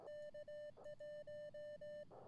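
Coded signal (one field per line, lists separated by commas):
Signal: Morse code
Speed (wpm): 18 wpm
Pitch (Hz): 600 Hz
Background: music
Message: K1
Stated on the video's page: Live stream with Morse code contacts on an Elecraft K1.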